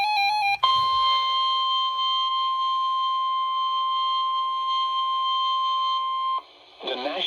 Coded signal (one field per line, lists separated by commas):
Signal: Emergency Alert System (SAME) tones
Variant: 1050 Hz attention tone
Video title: Severe Thunderstorm Warning #4 - 09/20/21 (EAS #2,442)